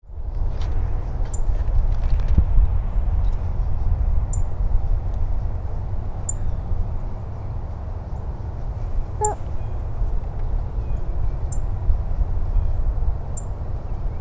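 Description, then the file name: Orange-crowned warbler giving sharp, high, single chip notes at irregular intervals over a loud, steady low rumble. Recorded on 18 November 2012. "Orange-crowned Warbler AA MD"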